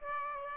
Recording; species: mosquito wingbeat signal from an infrared sensor; Aedes aegypti